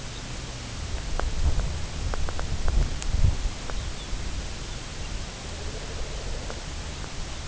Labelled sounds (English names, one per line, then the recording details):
Lapland Longspur
unidentified sound
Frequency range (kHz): Lapland Longspur 2.5-4.3 kHz
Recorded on Arctic tundra, site UTQI-2, on 16 June 2019
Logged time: 00:00